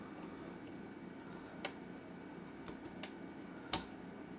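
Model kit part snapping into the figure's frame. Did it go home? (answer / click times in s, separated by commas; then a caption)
yes / 3.7 s. While assembling a metal-frame Metal Build Perfect Strike Gundam model, the arm and elbow section is moved, making faint ticks at about 1.7, 2.7 and 3.0 seconds over a low steady hiss. A model kit part then snaps into place in the figure's frame with a sharp, satisfying click at 3.7 seconds, and it is seated.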